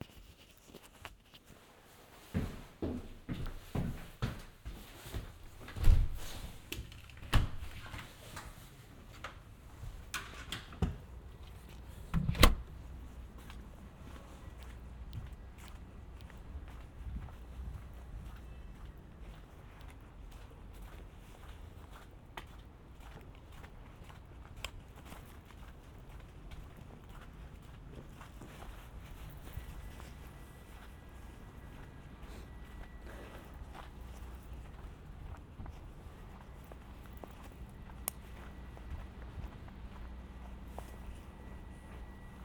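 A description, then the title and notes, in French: Footsteps crunch through snow on a winter city walk, uneven, with a burst of louder steps and knocks between about 3 and 13 seconds. Afterwards a low steady traffic rumble fills the background, with a faint hum and occasional soft thuds. Balade binaural dans le Montréal de l'hiver. Marcher dans la neige.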